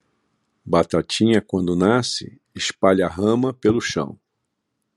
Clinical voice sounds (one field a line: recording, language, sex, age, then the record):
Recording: short text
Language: Brazilian Portuguese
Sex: male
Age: 70 to 79 years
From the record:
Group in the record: control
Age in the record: 70 years